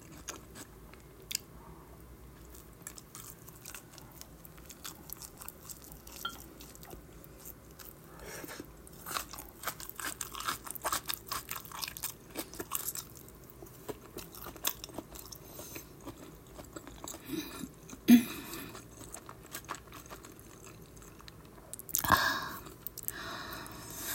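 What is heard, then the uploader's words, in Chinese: Eating with crisp bites and chewing in an irregular stream of short clicks and crunches, louder bursts near 18 and 22 seconds. 女友轻轻在你耳边沉浸式吃美食。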